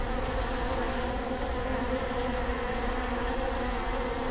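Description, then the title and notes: Honey bee hive drone, a thick continuous hum, with faint high chirps repeating lightly above it. Bee hive at Prinzessinnengarten II, Hermannstraße, Berlin, Germany; recorded with Sony PCM D50 and Primo EM172 microphone. "Prinzessinnengarten II, Hermannstraße, Berlin, Deutschland - bee hive. bee hive at Prinzessinnengarten (Sony PCM D50, Primo EM172)"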